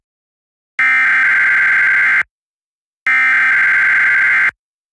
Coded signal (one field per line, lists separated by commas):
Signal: Emergency Alert System (SAME) tones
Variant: header bursts